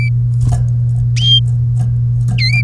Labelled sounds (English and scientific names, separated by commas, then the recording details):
Domestic Canary (Serinus canaria) song
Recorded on 3 May 2018 at 09:17
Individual llb3